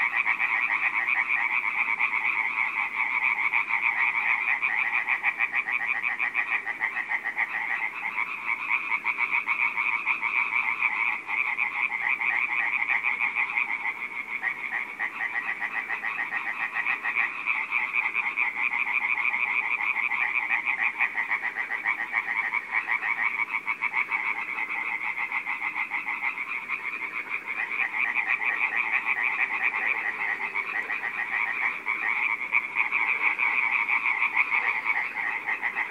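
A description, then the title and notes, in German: A chorus of toads trills without pause for the whole stretch, a dense, steady mass of overlapping calls pitched in a bright midrange band. Loudness barely changes, with only slight swells and dips, and there are no other clear sounds behind the chorus. Kröten sind nicht die einfallsreichsten Sänger.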